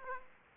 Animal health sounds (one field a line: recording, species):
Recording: mosquito wingbeat signal from an infrared sensor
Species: Aedes aegypti